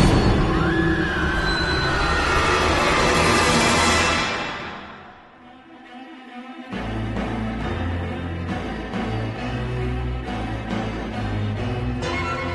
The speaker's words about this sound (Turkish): Metro.